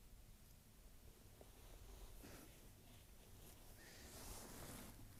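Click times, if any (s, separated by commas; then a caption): none. A rubber and metal valve stem seal is pressed down by hand onto the valve guide of an Integra engine cylinder head, using a socket and fingers rather than a hammer. Only a low, steady background noise with faint rustling is heard, with no sharp sounds. The seal has not clicked into place; it gives only a slight nudge, though it feels on there pretty good.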